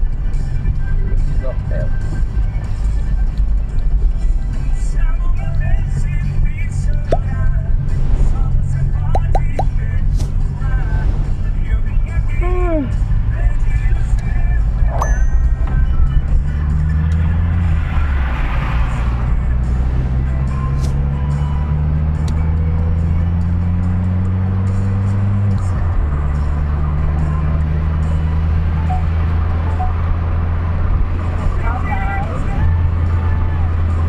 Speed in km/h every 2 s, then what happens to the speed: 16, 19, 19, 19, 20, 21, 22, 29, 34, 38, 51, 55, 65, 73, 77, 78, 75.
0-12 steady at about 19. 12-30 speeds up to 78.